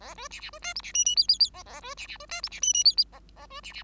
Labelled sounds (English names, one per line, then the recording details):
Bengalese Finch song
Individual Bird5